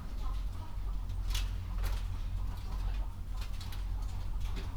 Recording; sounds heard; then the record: poultry house recording; healthy chickens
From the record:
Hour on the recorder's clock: 22